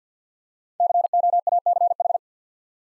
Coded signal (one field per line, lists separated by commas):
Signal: Morse code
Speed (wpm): 48 wpm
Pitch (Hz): 700 Hz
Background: none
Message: COACH